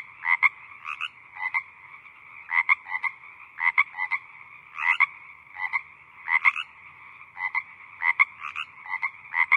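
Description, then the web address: Frogs croak in short rattling bursts, some in quick pairs, above a constant buzzing chorus. Small group of frogs croaking in the evening. "evening frog ambience small group croaking"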